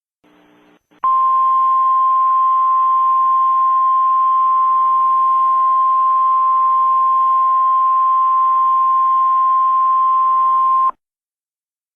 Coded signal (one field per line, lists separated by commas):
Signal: Emergency Alert System (SAME) tones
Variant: 1050 Hz attention tone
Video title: Retro Halloween Emergency Alert Event